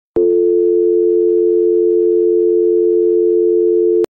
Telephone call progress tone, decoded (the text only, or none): dial tone